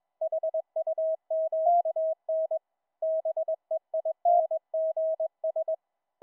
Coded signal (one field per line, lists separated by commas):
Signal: Morse code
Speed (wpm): 21 wpm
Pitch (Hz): 640 Hz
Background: none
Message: HUMAN BEINGS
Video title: Raspberry Pi, Ultra PicoKeyer, HiPerMite CW filter - sidetone for QSO'n on Mumble VOIP- LIVE DEMO